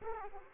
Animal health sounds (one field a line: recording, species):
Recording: mosquito wingbeat signal from an infrared sensor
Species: Aedes aegypti